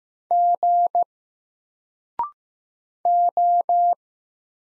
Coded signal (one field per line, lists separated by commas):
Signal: Morse code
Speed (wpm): 15 wpm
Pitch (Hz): 700 Hz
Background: none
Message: G O